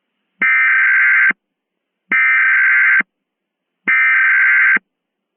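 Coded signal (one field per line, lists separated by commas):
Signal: Emergency Alert System (SAME) tones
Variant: header bursts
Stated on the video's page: Fictional EAS mock scenario using valid EAS tones.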